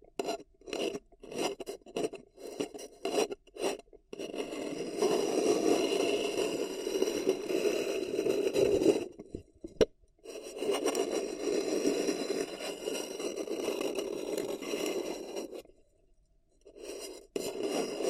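Paper cup tingles: rustling, scraping handling of a paper cup. It opens with short choppy bursts, then turns to long dense scratchy stretches from about 5 to 9 seconds and 10 to 15.5 seconds, broken by brief silent gaps and a few final taps.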